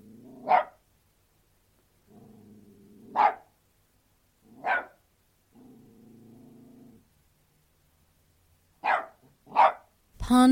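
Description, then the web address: Australian terrier barking in sharp single barks spaced a few seconds apart, with low rumbling growls between them and a quick pair of barks near the end. An Australian terrier barking outdoors. "australian terrier barking exterior"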